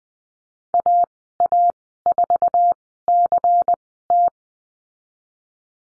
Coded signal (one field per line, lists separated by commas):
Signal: Morse code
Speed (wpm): 20 wpm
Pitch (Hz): 700 Hz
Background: none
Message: AA4CT